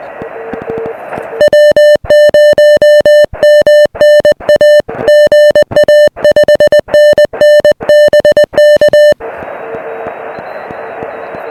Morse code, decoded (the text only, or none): W0MNA GA 5NN BK